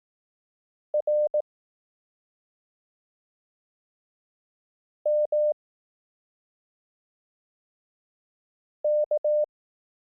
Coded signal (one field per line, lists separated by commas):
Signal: Morse code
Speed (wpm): 18 wpm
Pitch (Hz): 600 Hz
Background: none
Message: R M K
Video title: Learn Morse Code — Lessons 1-3 (Koch Method, 18 wpm)